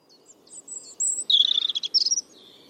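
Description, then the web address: European robin song: thin high whistles open the phrase, then a rapid tinkling trill and a final sweet, drawn-out note. "Deverinetal 2025 File origin Bird Only Er Ru"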